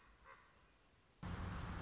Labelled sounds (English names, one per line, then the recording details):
Common Raven
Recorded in Sonoma County, California